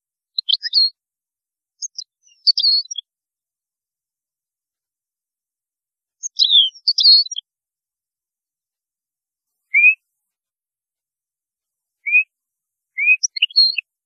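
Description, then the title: European goldfinch song: sparse high twittering bursts and single rising whistled notes scattered across long quiet gaps. "Chant Chardonneret"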